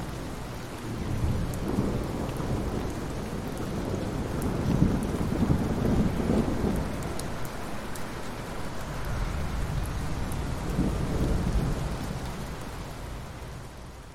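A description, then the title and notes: Rain falls steadily, a dense hiss filling the whole clip, with scattered sharp drop ticks on top. Under it a low rumble swells and fades, strongest around four to seven seconds and again near eleven to twelve, like thunder rolling. Rain and the Sound of Thunder at Night.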